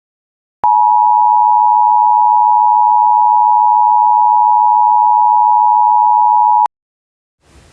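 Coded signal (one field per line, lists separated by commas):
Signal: Emergency Alert System (SAME) tones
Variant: 853 and 960 Hz attention tone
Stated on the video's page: Fictional EAS scenario.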